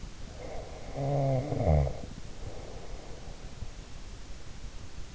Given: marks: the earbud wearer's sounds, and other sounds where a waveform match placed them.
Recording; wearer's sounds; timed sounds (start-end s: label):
sounds in sleep by an in-ear microphone; snoring breath
0.32-3.52 s: snoring breath